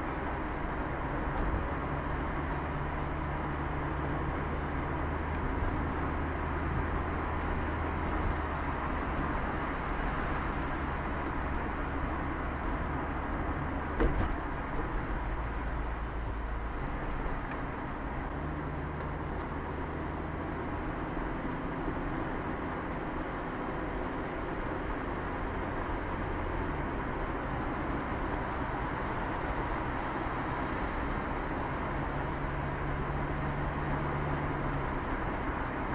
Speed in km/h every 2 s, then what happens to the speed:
6, 6, 5, 3, 3, 3, 8, 10, 12, 11, 9, 6, 5, 7, 8, 7, 7, 6.
0-10 steady at about 3. 10-16 speeds up to 12. 16-23 slows to 5. 23-36 steady at about 7.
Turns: none.